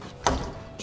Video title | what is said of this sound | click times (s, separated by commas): 2016 Keystone Raptor 398TS Walk-around by Motor Sportsland | clicks right in place | 0.3 s